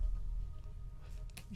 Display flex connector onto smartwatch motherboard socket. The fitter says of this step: should just hear it clip